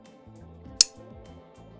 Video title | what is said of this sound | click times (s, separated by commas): Knife Locks Explained - Finding the Best Locking Mechanism | the coil spring is pushing tension that way, pushing the ball forward so that when you open the knife, it snaps into place. | 0.8 s